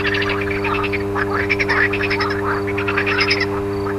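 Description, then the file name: Dense frog chorus, overlapping rapid pulsed croaks nearly continuous, set against a steady low humming drone. Frogs recorded alongside an electrical transformer's hum. "grenouilles et transformateur"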